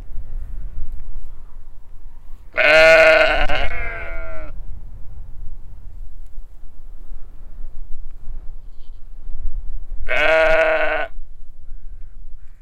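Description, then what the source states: Sheep bleats, one long wavering baa near the start and a shorter one about seven seconds later, over a constant low wind rumble. Large flock on a windy hill at a sheep pasture in Hupperdange, baaing at a stranger on the road.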